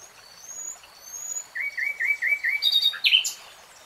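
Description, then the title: Nightingale song: thin high whistles, then a run of repeated chirps ending in loud sharp flourishes. Nightingale singing in real time. "[Tiếng chim hót] 3 Hours REALTIME Nightingale Singing"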